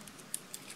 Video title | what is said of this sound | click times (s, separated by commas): VISUO XS812 GPS DRONE WITH 5MP CAMERA REVIEW Pt1 | slots into there and will click in. So the SD card goes in there. | 0.3 s